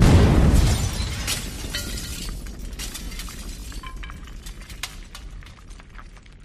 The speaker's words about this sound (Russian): Раздался грохот. С потолка посыпалось стекло прямо на меня. Я закрыл голову руками, уклоняясь от острых осколков.